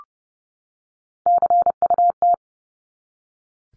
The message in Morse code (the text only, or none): CUT